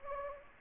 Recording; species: mosquito wingbeat signal from an infrared sensor; Anopheles gambiae